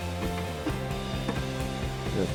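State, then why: Not seated. A bulb socket is handled at the new turn signal lamp housing of a 2000–2006 Chevy Tahoe, where it goes in and turns clockwise to snap into place. Soft rubbing and handling sounds play over steady background music. Nothing has seated or clicked yet by the end of the clip.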